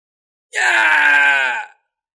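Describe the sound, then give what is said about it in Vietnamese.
A single agonized scream of a human cultivator caught in a flood-like army of beasts, loud and sustained for over a second, strained and harmonically rich, wavering slightly in pitch before cutting off. “Truyền đến tiếng kêu thét thảm thiết của tu sĩ nhân loại, lọt vào giữa đại quân giả thú như lũ lụt hồng thủy này, ngay cả cường giả đều bị dập nát.”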